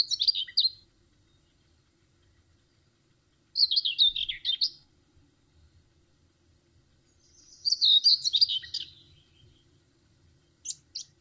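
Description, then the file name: Common whitethroat song: brief, scratchy, hurried phrases repeated roughly every four seconds with silence between, ending in a couple of short notes. "curruca zarcera"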